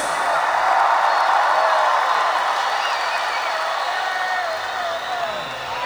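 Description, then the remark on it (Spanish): An audience at Base Marambio, Argentina, applauds live music in a dense, continuous wash of clapping that holds steady for several seconds, with faint crowd voices mixed in, easing off slightly toward the end. “Qué lindo el sonido de los aplausos.”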